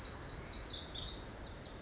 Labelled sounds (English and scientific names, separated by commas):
Pacific Wren (Troglodytes pacificus)